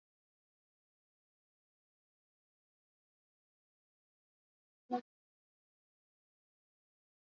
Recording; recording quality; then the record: sustained vowel as in boot; poor, much background noise or distortion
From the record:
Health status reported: COVID-19 positive, moderate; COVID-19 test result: positive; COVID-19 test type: RT-PCR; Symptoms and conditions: cough, fever, fatigue, muscle pain, loss of smell and taste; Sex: female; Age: 34 years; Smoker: no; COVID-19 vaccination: both doses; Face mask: worn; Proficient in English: yes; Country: India